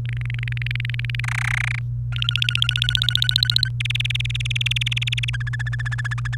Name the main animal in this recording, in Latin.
Serinus canaria